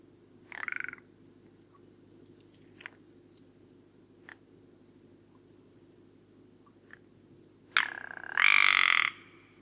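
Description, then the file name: Rock ptarmigan with a short rasp, a few soft ticks, then a loud, extended grating croak near the end. Recorded at Karwendelspitze on 6 July 2014. "Alpenschneehuhn. Karwendelspitze. Michle Pron"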